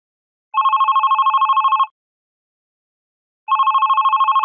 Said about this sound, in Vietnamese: Chuông điện thoại reo vang giữa lúc nửa đêm về sáng khiến cho Linh giật mình mở mắt choàng dậy.